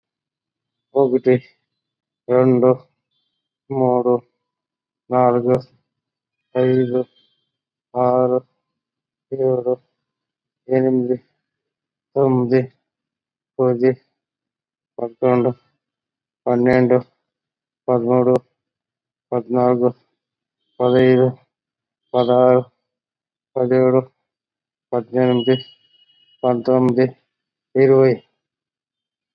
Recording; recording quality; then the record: counting at a normal pace; excellent, no background noise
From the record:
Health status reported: COVID-19 positive, mild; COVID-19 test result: positive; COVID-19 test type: RT-PCR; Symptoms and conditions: cough, diabetes, another condition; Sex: male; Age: 55 years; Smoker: yes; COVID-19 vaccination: both doses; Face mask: worn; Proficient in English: yes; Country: India